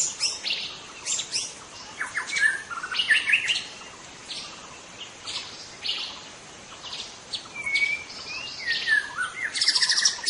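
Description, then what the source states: White-rumped shama song in varied bursts: sharp high chips and rasping notes interleaved with a few pure whistled slurs, coming in uneven spurts with brief gaps. In forest.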